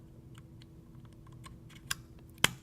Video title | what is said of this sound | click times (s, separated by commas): SIEMENS - 3VA 125A Circuit Breaker Assembly Volt Stream Video Series Full HD | have to install that in the circuit breaker snaps | 2.4 s